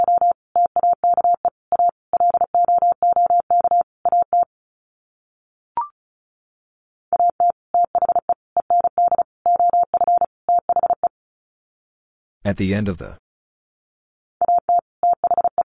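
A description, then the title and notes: Words sent in Morse code as a steady mid-pitched beep keyed on and off in quick dots and dashes, arranged in groups with pauses between them. A short click falls in one pause, and a brief rough, noisy burst cuts in just before the final group. Sets of 5 Words 35wpm. First, the words are sent in Morse code.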